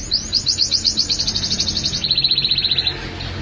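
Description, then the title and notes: Atlantic canary song: a rapid, even trill of high sharp notes, shifting after two seconds to a slightly lower, steadier trill. "BM Suara Kenari. BM Suara Burung Kenari"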